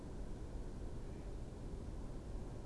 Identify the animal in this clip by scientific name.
Anas platyrhynchos